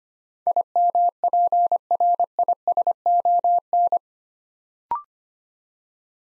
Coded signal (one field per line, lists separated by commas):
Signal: Morse code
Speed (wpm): 25 wpm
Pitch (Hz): 700 Hz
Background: none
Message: IMPRISON